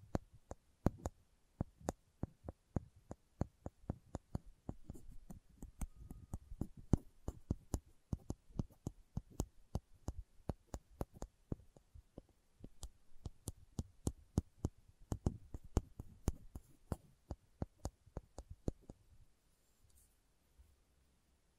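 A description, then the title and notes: Tapping goes on in sharp, crisp strikes, a few each second, some louder with a low thump beneath them. The pace wavers slightly but holds fairly even until the taps stop around nineteen seconds, leaving a faint hush to the end. ASMR Slow Tapping for Deep Sleep (No Talking).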